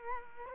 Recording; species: mosquito wingbeat signal from an infrared sensor; Culex quinquefasciatus